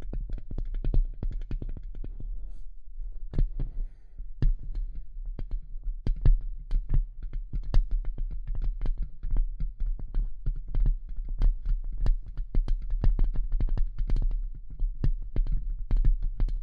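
Rapid, irregular tapping and scratching clicks over a low steady hum, with a denser scraping stretch in the first two seconds.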